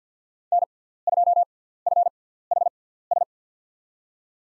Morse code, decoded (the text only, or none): N2FHS